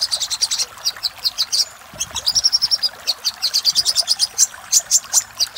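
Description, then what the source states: Little spiderhunter song: quick strings of shrill, high chirps, with a short warbled trill in the middle before the chirping resumes. Master recording used for training cage birds; Indonesian name sogok ontong labaik.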